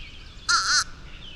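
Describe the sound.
Bird giving a single harsh, buzzy call, standing out against a quiet background.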